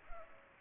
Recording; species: mosquito wingbeat signal from an infrared sensor; Culex pipiens